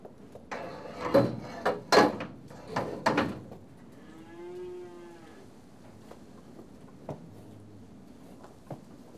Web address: BBC Sound Effects Library BBC 35-Livestock 2 Cattle TB Tested In Yard